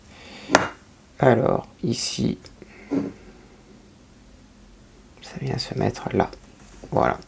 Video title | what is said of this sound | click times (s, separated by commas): Montez la Lancia 037 @IXOCOLLECTIONS box 18 | ça vient tout simplement se clipser alors | 0.6 s